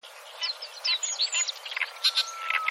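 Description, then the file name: Oriental reed warbler song: rapid, busy chatter of harsh, high notes and short sweeps, jumbled and uneven. "oyosik"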